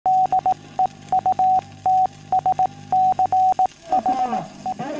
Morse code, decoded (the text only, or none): DEUTSCHE